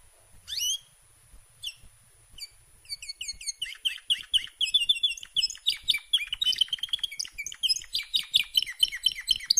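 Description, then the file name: Canary singing: a few separate whistled notes with pauses, then an unbroken stream of high chirps and rolling trills that grows louder. "Canary Voice"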